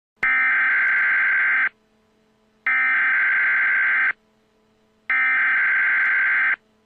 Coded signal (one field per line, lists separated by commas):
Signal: Emergency Alert System (SAME) tones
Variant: header bursts